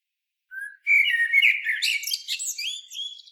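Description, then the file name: Common blackbird song phrase: a soft low whistled note, then a fluty warble that breaks into a rapid, high, squeaky twitter at the end. "Turdus merula"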